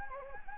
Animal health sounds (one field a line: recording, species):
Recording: mosquito wingbeat signal from an infrared sensor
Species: Anopheles gambiae